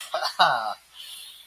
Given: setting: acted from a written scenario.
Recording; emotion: vocal sound without words; pride